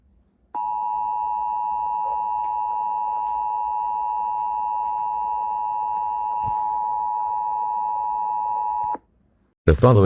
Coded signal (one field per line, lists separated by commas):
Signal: Emergency Alert System (SAME) tones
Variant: 853 and 960 Hz attention tone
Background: speech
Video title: Eas Scenario Stan.exe Part 1 #1